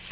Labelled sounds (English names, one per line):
Yellow-rumped Warbler flight call